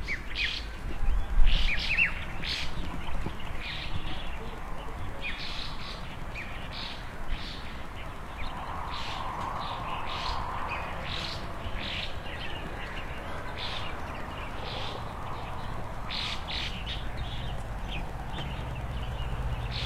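Birds chatter and chirp busily in front of a country house, short bright calls repeating every second or so throughout. A steady low rumble and hiss sit underneath, with a slightly louder burst of calls near the start.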